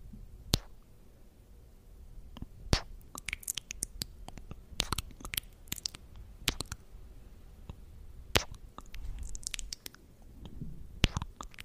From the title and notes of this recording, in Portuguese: ASMR: 600 BEIJINHOS EM VOCÊ.